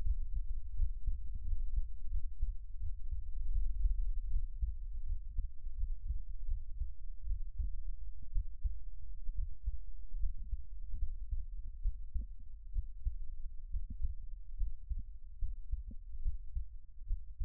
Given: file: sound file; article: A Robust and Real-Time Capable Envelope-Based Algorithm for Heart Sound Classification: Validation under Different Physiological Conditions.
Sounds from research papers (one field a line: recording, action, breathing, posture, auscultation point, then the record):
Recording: heart sounds by electronic stethoscope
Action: rest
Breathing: normal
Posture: lying on stomach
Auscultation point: Erb’s point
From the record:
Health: healthy, no known heart disease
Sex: male